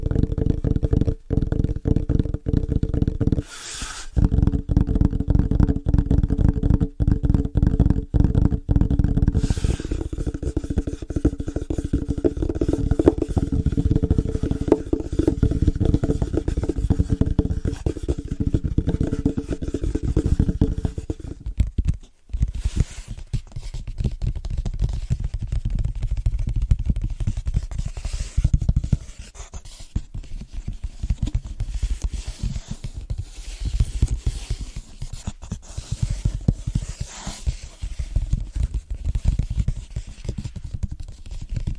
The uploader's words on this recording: ASMR Fast & Rhythmic Tapping On Different Surfaces (No Talking).